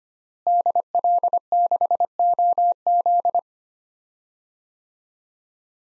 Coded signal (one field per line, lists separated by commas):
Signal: Morse code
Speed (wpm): 25 wpm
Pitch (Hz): 700 Hz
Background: none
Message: DL6OZ